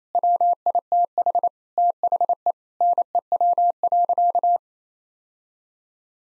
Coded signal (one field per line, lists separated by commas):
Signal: Morse code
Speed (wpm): 28 wpm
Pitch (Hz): 700 Hz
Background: none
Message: WITH THE NEW.